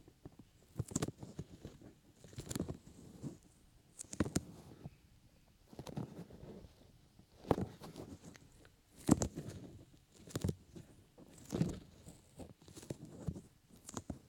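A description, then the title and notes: Soft rubbing and brushing at the ear comes in repeated bursts roughly every one and a half seconds, each a muffled swish with brief crackly highs. Between strokes it falls nearly silent, and the rhythm stays steady throughout. Ear Massage and Ear Cleaning.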